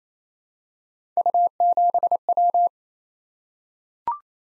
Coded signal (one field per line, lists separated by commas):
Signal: Morse code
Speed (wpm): 28 wpm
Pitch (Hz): 700 Hz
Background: none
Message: U7W